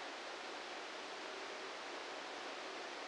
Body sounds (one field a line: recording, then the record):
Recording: brain microelectrode recording played as sound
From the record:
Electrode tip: outside the subthalamic nucleus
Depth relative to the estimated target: -6 mm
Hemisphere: left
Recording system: NeuroSet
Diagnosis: Parkinson's disease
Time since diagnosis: 8 years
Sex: male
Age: 58 years